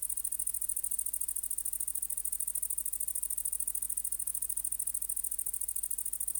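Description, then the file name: Great green bush-cricket stridulating: a piercing, continuous buzz with fast, regular pulsing and no gaps, plus a faint steady low hum. "Tettigonia viridissima"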